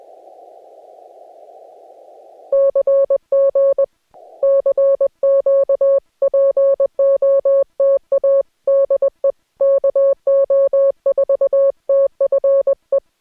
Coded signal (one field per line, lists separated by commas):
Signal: Morse code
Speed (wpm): 20 wpm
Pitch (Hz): 550 Hz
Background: music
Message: CG CQ POTA DE KO4TFE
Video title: Morse Code Head Copy Practice | No interruptions